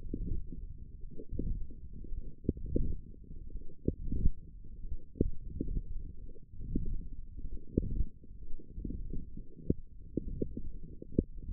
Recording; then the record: forearm muscle sounds (acoustic myography)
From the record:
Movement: wrist flexion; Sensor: system 1, eight BSWA MPA416 microphones around the upper forearm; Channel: 7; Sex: male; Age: 21 years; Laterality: right